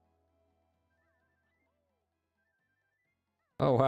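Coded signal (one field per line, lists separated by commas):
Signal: none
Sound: game sound effect beeps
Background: speech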